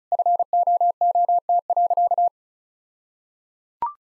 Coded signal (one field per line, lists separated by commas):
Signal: Morse code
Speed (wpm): 34 wpm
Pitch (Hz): 700 Hz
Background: none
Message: FOOT.